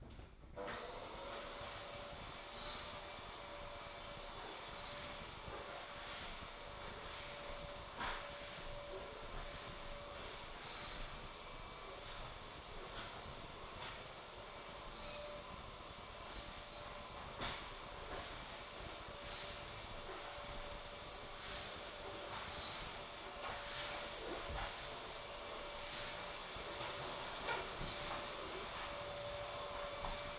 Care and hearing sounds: daily activity, microphone in the room; vacuum cleaning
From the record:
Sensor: 5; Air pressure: 1012.0 hPa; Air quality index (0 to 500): 247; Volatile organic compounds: 5 ppm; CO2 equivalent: 1706 ppm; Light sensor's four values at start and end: 35/82/33/34 and 36/83/34/35

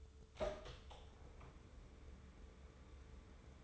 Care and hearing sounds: daily activity, microphone in the room; open door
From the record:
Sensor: 3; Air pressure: 1015.2 hPa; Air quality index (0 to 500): 147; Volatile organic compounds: 8 ppm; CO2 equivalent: 2091 ppm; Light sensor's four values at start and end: 15/39/16/17 and 15/39/16/17

